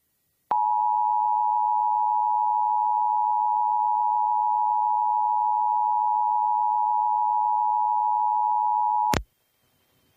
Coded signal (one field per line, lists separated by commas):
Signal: Emergency Alert System (SAME) tones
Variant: 853 and 960 Hz attention tone